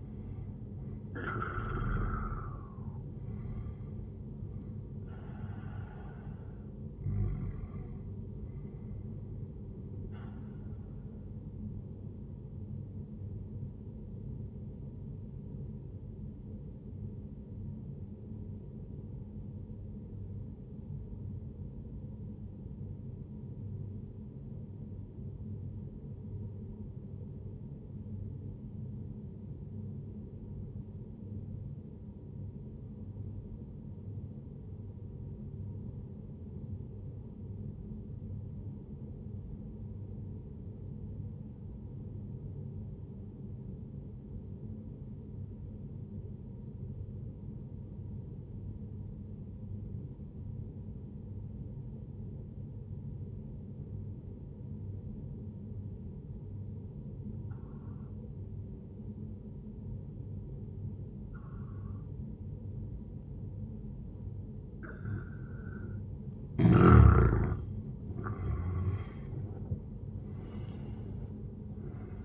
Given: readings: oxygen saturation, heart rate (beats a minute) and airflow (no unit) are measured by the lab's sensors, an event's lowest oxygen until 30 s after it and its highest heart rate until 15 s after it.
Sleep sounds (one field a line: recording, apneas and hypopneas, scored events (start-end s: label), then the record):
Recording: breathing in sleep by a smartphone at the bedside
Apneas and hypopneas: 1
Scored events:
4.00-34.00 s: new sleep stage, N1 (lightest sleep)
14.00-66.10 s: obstructive apnea (N1, oxygen 97% highest, then 90% lowest, heart rate 64 at the start, 81 highest)
34.00-64.00 s: new sleep stage, N2 (light sleep)
64.00-72.24 s: new sleep stage, N1 (lightest sleep)
From the record:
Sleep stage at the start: N2 (light sleep)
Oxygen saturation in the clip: 90 to 97%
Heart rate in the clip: 60 to 78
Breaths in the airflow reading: 6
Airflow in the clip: -12.0 to 13.7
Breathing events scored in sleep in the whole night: 131 in 7.2 hours asleep